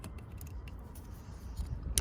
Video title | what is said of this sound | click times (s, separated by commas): LED LIGHTING UPGRADE on my F-150! How to install plus comparison! | push that on good until it snaps | 2.0 s